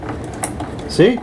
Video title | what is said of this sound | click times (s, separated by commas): Juki HZL F300 Thick Fabric Test Leveling Foot | unclick itself when it's done | 0.4 s